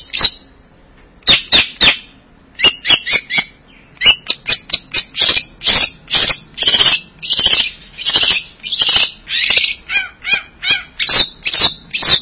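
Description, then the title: Bird song: after a few scattered notes, a dense run of harsh, buzzy high syllables that speeds into continuous chatter. "burung online"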